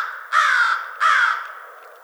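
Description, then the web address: American crow calling twice, two loud raspy caws around 0.7 seconds apart, the second fading out gradually; quiet background. Recorded 21 March 2007. "American Crow 2007 03 21"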